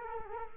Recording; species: mosquito wingbeat signal from an infrared sensor; Culex quinquefasciatus